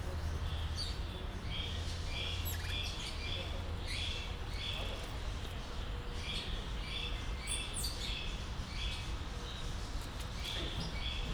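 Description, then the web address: Red-bellied tamarin chirping: short, high chirps repeated in uneven runs throughout, over a constant low hum. Captive animal at a zoo in Debrecen, recorded in 2019; high, chirp-like calls. "allathangok debrecenizoo 2019. voroshasu tamarin"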